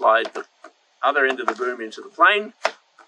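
Someone talks while handling the carbon/plastic tail boom of a T2 Cruza VTOL foam RC plane, getting ready to slide its other end into the fuselage socket. Nothing has seated or clicked into place yet by the end of the clip.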